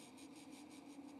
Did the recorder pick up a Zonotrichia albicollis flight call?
no